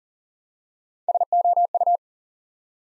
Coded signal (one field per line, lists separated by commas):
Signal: Morse code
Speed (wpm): 39 wpm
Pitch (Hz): 700 Hz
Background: none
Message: SOU